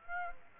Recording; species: mosquito wingbeat signal from an infrared sensor; Aedes aegypti